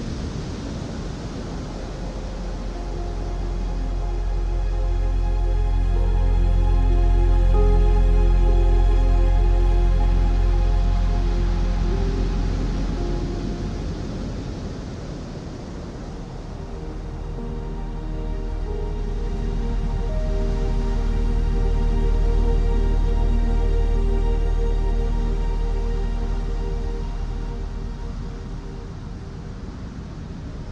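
Soft, sustained piano notes ring out over the steady wash of ocean waves. The surf swells and recedes slowly, building to louder surges around eight and twenty-two seconds before easing back, while the low, mellow piano tones hold gently underneath throughout.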